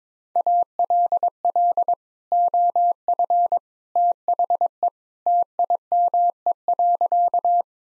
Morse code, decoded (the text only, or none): ALL OF THE TIME.